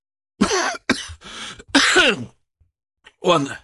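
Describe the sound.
A man clears his throat in several rough, raspy bursts, four in quick succession, then a short pause before one last gravelly hack. Moderately loud, with a voiced, grinding edge.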